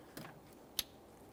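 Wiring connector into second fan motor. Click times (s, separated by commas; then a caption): 0.8 s. A plastic wiring connector is pushed into the second fan motor of the radiator and condenser fan assembly on a 2008–2017 Mitsubishi Lancer 2.4L L4, then given a light tug. A soft handling rustle at 0.2 s is followed by a sharp, bright click at 0.8 s as the connector seats and locks in place.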